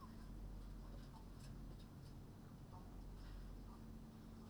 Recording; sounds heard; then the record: poultry house recording; healthy chickens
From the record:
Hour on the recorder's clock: 19